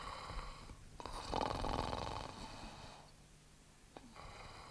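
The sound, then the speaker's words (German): A man snores heavily in his sleep, a long rasping, rattling inhale swelling loud, then fading into quiet breath before a short snort starts the next cycle. “Lächerlich, dieses Schnarchen.”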